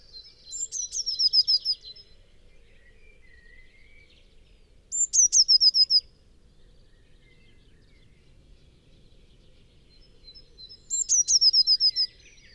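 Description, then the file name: Eurasian blue tit repeating its song three times, each a piercing high note leading into a fast, bright trill, spaced several seconds apart, soft bird chatter in the background. "Cyanistes caeruleus"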